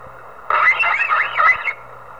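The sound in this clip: Whale tonal call, a wavering, looping whistle-like sound with strong harmonics lasting just over a second, over a quiet low hum.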